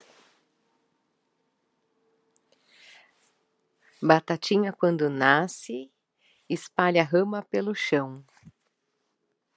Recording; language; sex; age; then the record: short text; Brazilian Portuguese; female; 30 to 39 years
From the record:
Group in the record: control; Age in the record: 39 years